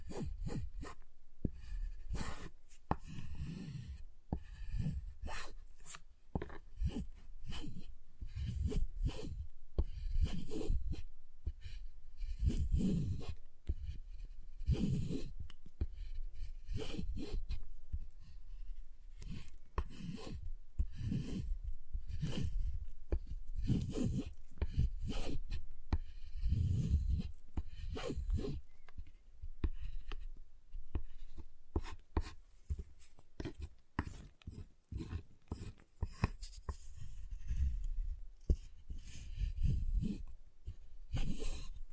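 Tapping, cutting and snapping on a giant chocolate bar, with sharp clicks and knocks arriving every second or so for the whole stretch. Some hits land as dull low thuds, others as crisp bright snaps, with faint scraping and rubbing between them.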